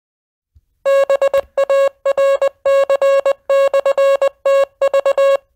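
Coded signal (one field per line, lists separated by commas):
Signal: Morse code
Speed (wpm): 20 wpm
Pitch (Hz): 550 Hz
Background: music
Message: BARC/TV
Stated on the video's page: Ident heard during a weekly 2-meter net on the 146.670 repeater.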